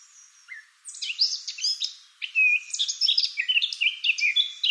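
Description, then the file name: Eurasian blackcap song, a quick jumble of high scratchy and whistled notes with loud bright phrases, continuous to the end. "Sylvia atricapilla"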